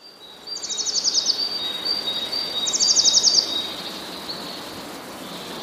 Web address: wroblowe teka spiew. wroblowe teka modraszkoteka